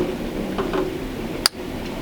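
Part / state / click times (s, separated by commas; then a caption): wiring connector into its mating plug on a motorcycle / seated / 1.5 s. A plastic electrical connector near the air intake of a Honda ST1300 motorcycle is pushed into its mating plug after an air filter change, with two soft handling sounds at about 0.6 and 0.7 s. A sharp, loud snap at 1.5 s marks the connector seating home.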